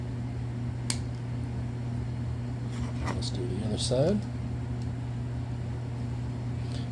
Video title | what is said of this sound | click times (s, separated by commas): Model Power Union 76 HO Scale Collectors Train Set (EMD F3) | and it just snaps into place like this | 0.9 s